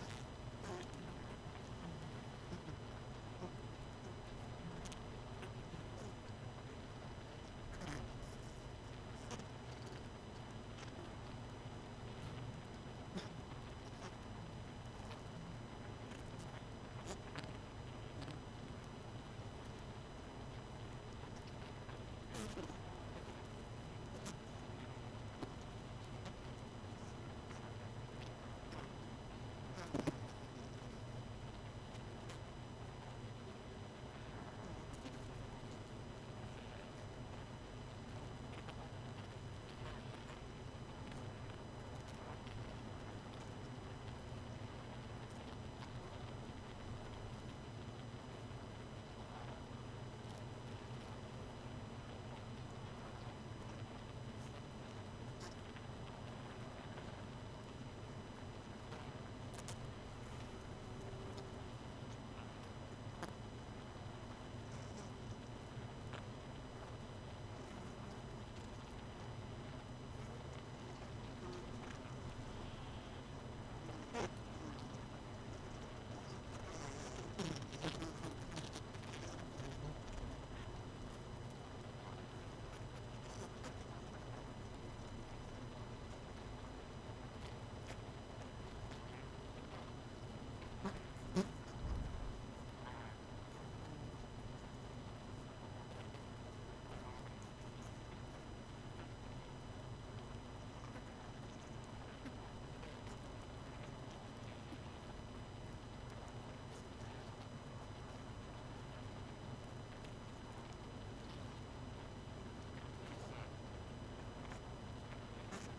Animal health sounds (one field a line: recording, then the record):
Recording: honeybee colony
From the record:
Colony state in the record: missing queen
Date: 31 May 2018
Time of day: 23:51